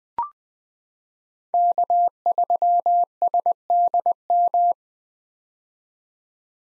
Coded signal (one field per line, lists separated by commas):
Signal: Morse code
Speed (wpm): 20 wpm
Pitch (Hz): 700 Hz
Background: none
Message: K3SDM